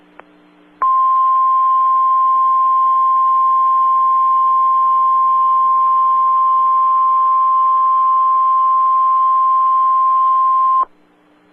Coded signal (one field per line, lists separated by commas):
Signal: Emergency Alert System (SAME) tones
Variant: 1050 Hz attention tone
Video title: EAS Alert #112- Severe T-storm Warning 5-29-12